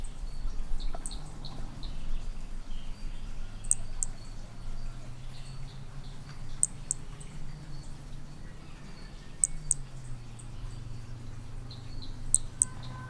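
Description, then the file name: Hermogenes' toadlet giving pairs of very high, short clicks about every three seconds, with soft background chirps and a low droning hum. Individual 01, example 01, at Picinguaba, Brazil, on 13 December 2017. "MHNCI Brachy hemogenesi Picinguaba ind 01 ex 01 sem detalhes 13 dez 2017"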